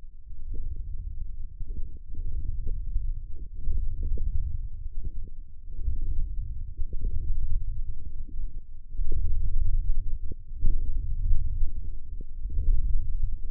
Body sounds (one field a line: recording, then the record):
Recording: forearm muscle sounds (acoustic myography)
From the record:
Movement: ulnar deviation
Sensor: system 1, eight BSWA MPA416 microphones around the upper forearm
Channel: 6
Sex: male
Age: 20 years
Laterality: left